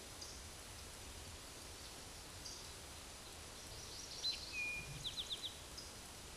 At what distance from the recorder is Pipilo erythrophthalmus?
about 95 m